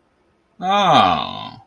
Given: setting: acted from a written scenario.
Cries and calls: vocal sound without words; realization

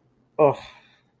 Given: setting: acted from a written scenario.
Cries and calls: vocal sound without words; contempt

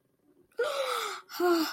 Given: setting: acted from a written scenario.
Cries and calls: vocal sound without words; realization

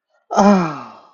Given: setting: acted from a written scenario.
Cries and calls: vocal sound without words; ecstasy

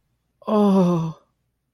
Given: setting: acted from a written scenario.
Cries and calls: vocal sound without words; sadness

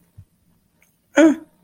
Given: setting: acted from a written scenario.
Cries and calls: vocal sound without words; neutral

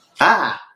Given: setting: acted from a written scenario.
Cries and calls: vocal sound without words; negative surprise

